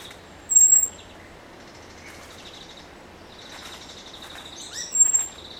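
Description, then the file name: Eurasian blackbird producing two high, thin whistled calls, one early and one near the end, with quiet chirping of other birds between. "Turdus merula"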